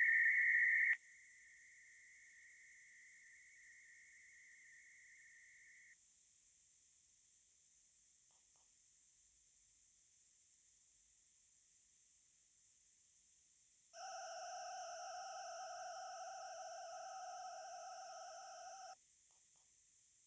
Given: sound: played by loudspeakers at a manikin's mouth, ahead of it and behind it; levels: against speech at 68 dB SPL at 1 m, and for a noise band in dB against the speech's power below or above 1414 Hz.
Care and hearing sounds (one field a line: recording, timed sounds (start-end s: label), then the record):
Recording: test signals for a remote microphone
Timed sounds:
0.00-0.93 s: noise band at 2000 Hz, +22 dB
0.93-5.93 s: noise band at 2000 Hz, -13 dB
13.93-18.93 s: four noise bands (707, 1414, 2828 and 5656 Hz), 50 dB SPL
From the record:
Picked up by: remote microphone D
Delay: 24 ms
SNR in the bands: 28 dB at 1414 Hz, 17 dB at 2828 Hz, 21 dB at 5656 Hz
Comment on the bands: gain adaptation more progressive through entire signal